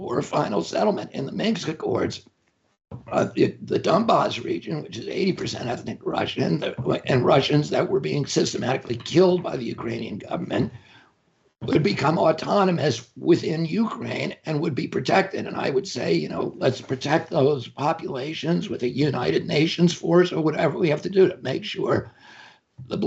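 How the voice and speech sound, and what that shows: An adult man speaks in a strained, tight, creaky voice with rough, effortful voicing, choppy phrasing and frequent short pauses, though his words stay understandable. This is spasmodic dysphonia, a neurological voice disorder in which the vocal cords spasm involuntarily during speech.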